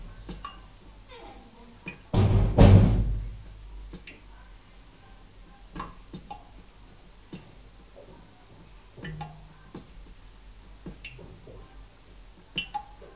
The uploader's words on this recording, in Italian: Effetto Doppler 33 lo sciacquone. Oggi apprezzeremo, gaudiosi noi, la fervida attività sonora di uno sciacquone.